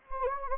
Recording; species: mosquito wingbeat signal from an infrared sensor; Anopheles gambiae